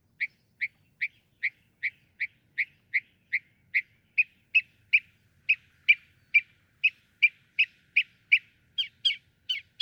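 Northern mockingbird song: a long steady series of short chipping notes, about two or three per second, changing in tone halfway and becoming louder and more complex near the end.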